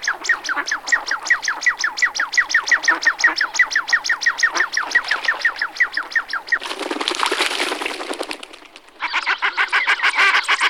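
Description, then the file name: Common shelduck uttering a long rapid chain of clipped nasal notes, followed by harsher, noisy bursts near the end. "husice-liščí"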